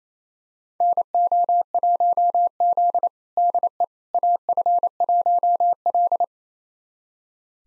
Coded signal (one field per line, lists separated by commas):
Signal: Morse code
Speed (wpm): 27 wpm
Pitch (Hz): 700 Hz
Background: none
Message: NO1Z DE AF1L